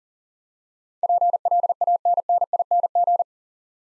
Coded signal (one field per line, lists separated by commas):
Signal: Morse code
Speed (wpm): 38 wpm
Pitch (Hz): 700 Hz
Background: none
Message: PLANNING